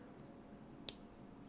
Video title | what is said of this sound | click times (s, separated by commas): BGVP NS10 - First Impressions - Unboxing - Graph Measurements | Okay, so once you hear that click, it's in. | 0.9 s